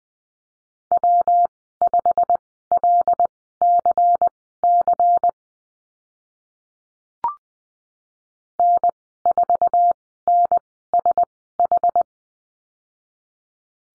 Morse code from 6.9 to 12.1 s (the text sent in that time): N4NSH